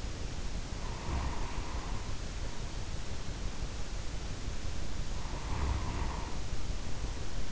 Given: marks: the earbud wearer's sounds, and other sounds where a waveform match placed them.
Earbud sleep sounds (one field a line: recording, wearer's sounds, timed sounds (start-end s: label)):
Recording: sounds in sleep by an in-ear microphone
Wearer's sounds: snoring breath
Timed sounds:
0.70-2.93 s: snoring breath
5.00-7.52 s: snoring breath